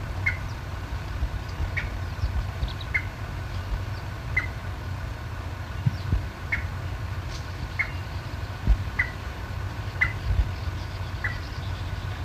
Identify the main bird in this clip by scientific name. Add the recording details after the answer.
Porzana parva. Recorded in the wild. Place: Illmitz, AT. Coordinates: 47.7544, 16.7631. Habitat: wetland. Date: 1963-08-13. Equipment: Uher Report 4000, AKG D190. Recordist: Krey, Winfried. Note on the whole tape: (Rufe.)